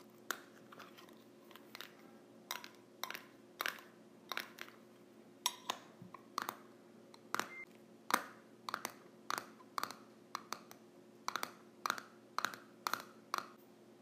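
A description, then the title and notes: A tin container lid is handled, making a steady run of sharp metallic clicks, taps and scrapes, roughly one or two every second across the whole stretch. Some hits come in quick doubled bursts. A low, constant hum sits underneath. ASMR Lid of a Tin Container.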